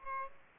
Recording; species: mosquito wingbeat signal from an infrared sensor; Aedes aegypti